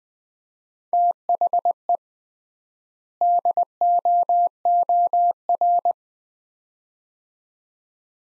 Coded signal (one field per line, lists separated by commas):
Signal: Morse code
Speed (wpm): 20 wpm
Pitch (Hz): 700 Hz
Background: none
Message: THE DOOR